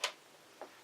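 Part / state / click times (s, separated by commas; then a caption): controller cable plug into the front port of a mini game console / seated / 0.0 s. A game controller's cable plug is pushed into the front controller port of an SNES Classic Edition mini console and seats with a gentle, bright click at 0.0 s. A second, softer and lower-pitched tick follows at 0.6 s.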